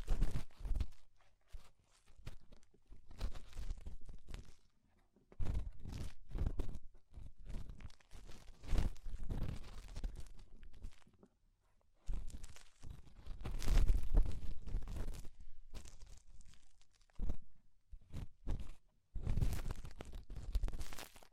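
Ear cleaning sounds: rhinestone and clay removal, made of close crunchy scraping and tearing noises. Dense clusters of crackly bursts come and go irregularly, with short quiet gaps around 5, 12 and 17 seconds, and a low rumbling thump underneath.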